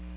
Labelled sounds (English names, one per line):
Magnolia Warbler flight call